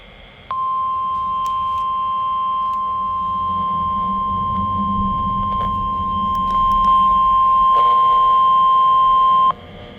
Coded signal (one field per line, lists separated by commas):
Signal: Emergency Alert System (SAME) tones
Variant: 1050 Hz attention tone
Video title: NWS Ruskin Weekly Test (PM) (11/6/24) (New EAS 770)